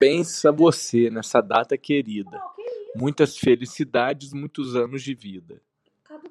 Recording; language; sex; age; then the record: short text; Brazilian Portuguese; male; 40 to 49 years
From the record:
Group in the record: control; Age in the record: 46 years